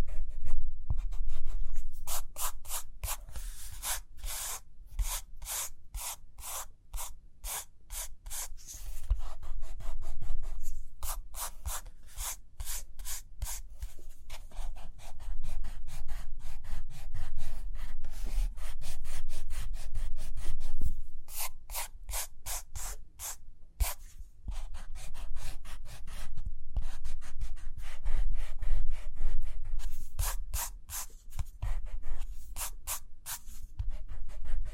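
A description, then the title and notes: Pencil writing and drawing: quick, scratchy strokes come in rapid bursts, each stroke crisp and bright. Busy runs fill the opening seconds, then return around 11, 21 and 30 seconds with quieter gaps between. A low steady rumble sits underneath throughout. Page Turning and Tapping, Writing, Drawing.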